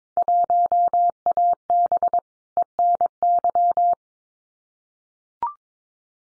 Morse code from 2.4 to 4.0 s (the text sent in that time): ENY